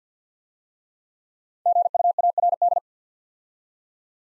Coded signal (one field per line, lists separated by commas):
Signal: Morse code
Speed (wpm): 48 wpm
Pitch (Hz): 700 Hz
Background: none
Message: GUARD